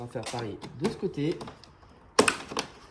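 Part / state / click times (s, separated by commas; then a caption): plastic fairing clip from scooter body / released / 2.2 s. Someone talks, then the plastic fairing clip on the other side of a Forza 125 scooter body is unclipped, releasing with a loud sharp snap at 2.2 s. Two quieter sharp clicks follow at about 2.3 s and 2.6 s as the clip comes free from the scooter body.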